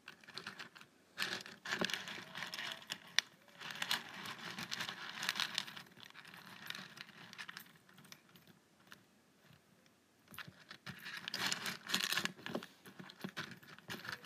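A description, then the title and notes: A paperclip taps and rattles against a table in uneven bursts, with bright metallic clicks and jangling that come and go. Busy clusters fill roughly 1–7 and 11–13 seconds, with quieter gaps between, and a low hum runs underneath throughout. ASMR Tapping a Paperclip on my Table.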